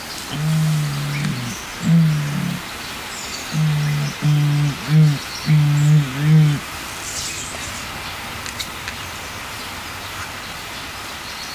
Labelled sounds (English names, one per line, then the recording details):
Bare-faced Curassow call
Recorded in captivity
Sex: male
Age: adult
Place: Zoo Berlin, Berlin, DE
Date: 1999-09-04 10:54
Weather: sonnig, 21°C
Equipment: Sony WM-D6C, Sennheiser ME 80, Kopie Uher 4000 Report Monitor
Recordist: Tembrock, Günter